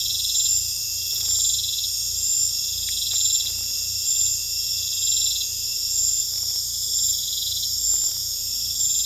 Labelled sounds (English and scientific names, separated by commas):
none